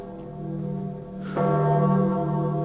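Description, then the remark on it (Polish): Church bells ring with a rich, sustained hum of overtones, then a louder new strike swells in partway through and keeps resonating steadily. No voices are heard. “A, to niech pan się nie boi. To dzwony.”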